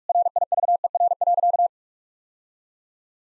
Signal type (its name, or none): Morse code